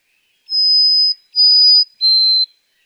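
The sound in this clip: White-throated sparrow giving a brief whistled song: two long level high notes followed by one slightly lower sustained whistle, no other sounds.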